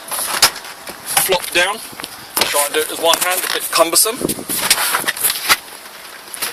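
A folding third-row seat in a Land Rover Discovery 2 4.0 V8 is pushed back up one-handed toward its floor mount, a bit cumbersome, while someone talks. Short knocks and handling clatter are heard as the seat moves. The clip ends before the seat latch locks home; nothing has seated or clicked yet.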